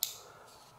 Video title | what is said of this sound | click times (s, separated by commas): SOG Aegis AT-XR...Old Knife Design With A BIG Makeover ! | all right so just really listen for the click | 0.0 s